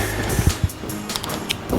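A metal retaining snap ring is pressed into its groove in a 1955 Packard Bendix power steering assist cylinder during a reseal. Low thumps of handling are followed by a few sharp metallic ticks and light scrapes between about 1.1 and 1.5 s over a steady background hum. The clip ends before the ring goes home, and nothing has seated or clicked yet.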